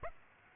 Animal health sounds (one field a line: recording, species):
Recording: mosquito wingbeat signal from an infrared sensor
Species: Aedes aegypti